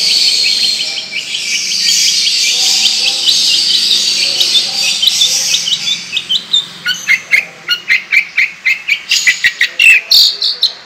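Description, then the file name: Long-tailed shrike giving a continuous soft chattering warble, then a fast sequence of loud, sharp repeated notes toward the end. Long, rolling song style (ngerol panjang); bird described as singing actively (gacor). "Burung Cendet Ngerol Panjang Gacor"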